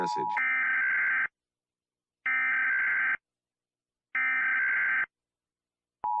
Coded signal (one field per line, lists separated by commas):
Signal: Emergency Alert System (SAME) tones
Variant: header bursts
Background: speech